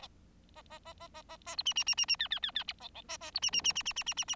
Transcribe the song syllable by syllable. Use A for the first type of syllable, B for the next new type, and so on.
A A A A A A A B C C C C C D D D D E E A A B C C C C C C C C C